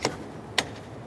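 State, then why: Seated. A steering column is pushed home into a motorised suitcase vehicle, giving a short tap near the start and then one solid, sharp click at 0.6 s. The click is heard as the steering column locks into place and is seated.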